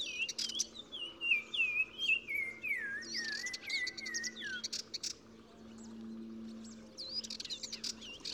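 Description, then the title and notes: Black-crowned tchagra song: a descending series of loud whistled, slurred notes stepping lower in pitch over several seconds, then faint chirps of other birds. Recorded 15 March 2000 in spring at Oued Massa, Morocco, in gardens around Zaouit Massa village at the river mouth; sings in hedges and bushes a repeated phrase; Nagra Ares BB, Telinga pro6. "OISEAU TELEPHONE. 15 mars 2000-Oued Massa - Maroc. le Téléphone tchagra (Tchagra senegalus - Black-crowned Tchagra) qui se fait remarquer par sa phrase répétée du plus bel effet"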